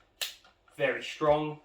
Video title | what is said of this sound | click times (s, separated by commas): Airsoft Helmet Setup [channel update] | i believe it's faux leather so it sits right on across the chin very comfortable clicks into place | 0.2 s